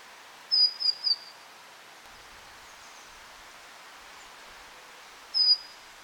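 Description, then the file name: Great tit calls: three thin high whistled notes in a quick run, then a single similar note several seconds later. "Parus major"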